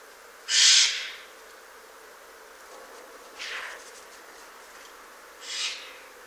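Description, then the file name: Eurasian jay giving three hoarse, rasping screeches, the first loudest and the next two softer. "Garrulus glandarius"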